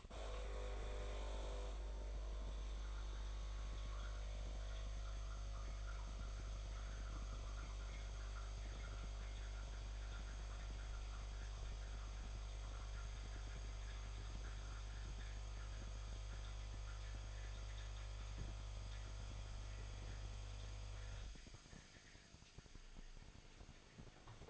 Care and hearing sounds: daily activity, microphone in the room; make coffee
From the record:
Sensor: 5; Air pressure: 1000.3 hPa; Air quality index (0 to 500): 124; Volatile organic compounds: 2 ppm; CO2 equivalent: 983 ppm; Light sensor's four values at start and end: 89/208/89/97 and 89/208/89/97

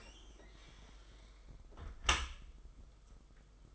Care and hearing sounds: daily activity, microphone in the room; close dishwasher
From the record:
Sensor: 5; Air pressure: 991.5 hPa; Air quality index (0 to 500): 117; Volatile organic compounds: 37 ppm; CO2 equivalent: 3094 ppm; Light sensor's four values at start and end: 39/125/47/51 and 39/124/47/50

